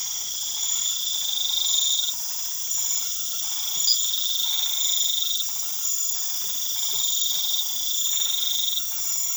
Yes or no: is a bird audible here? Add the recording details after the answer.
no. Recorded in pastures near Puerto Asís, Putumayo, Colombia, on 4 March 2025 at 21:00. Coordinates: 0.487, -76.322. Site G077